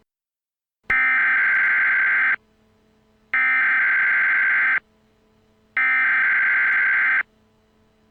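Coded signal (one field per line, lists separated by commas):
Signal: Emergency Alert System (SAME) tones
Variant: header bursts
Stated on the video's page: Fictional EAS scenario deliberately using invalid tones.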